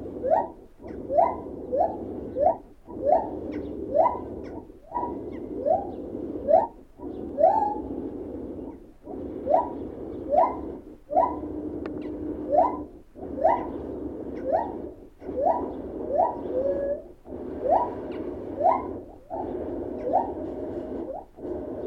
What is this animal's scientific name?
Hylobates lar